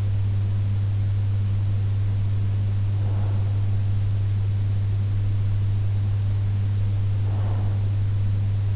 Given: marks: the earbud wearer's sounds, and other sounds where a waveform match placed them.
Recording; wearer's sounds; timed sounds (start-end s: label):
sounds in sleep by an in-ear microphone; breath
1.77-3.77 s: breath
6.77-8.76 s: breath